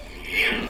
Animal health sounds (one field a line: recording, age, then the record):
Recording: pig call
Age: piglet (1 to 25 days)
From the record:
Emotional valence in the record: negative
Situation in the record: crushing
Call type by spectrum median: low-frequency call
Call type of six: mixed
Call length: 0.70 s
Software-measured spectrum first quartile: 747 Hz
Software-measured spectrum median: 1991 Hz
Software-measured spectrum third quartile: 2497 Hz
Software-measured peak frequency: 2169 Hz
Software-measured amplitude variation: 113 dB a second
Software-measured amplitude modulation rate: 23.0 a second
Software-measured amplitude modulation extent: 4.9 dB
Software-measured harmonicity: 2.9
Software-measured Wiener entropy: -1.56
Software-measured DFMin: 641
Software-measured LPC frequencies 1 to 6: 1782, 2248, 2690, 3268, 4456, 5263 Hz